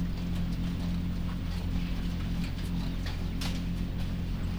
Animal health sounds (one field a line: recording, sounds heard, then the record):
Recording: poultry house recording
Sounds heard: sick chickens (respiratory disease)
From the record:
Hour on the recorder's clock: 20